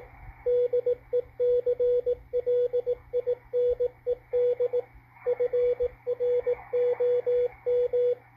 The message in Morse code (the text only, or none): DECLINED FROM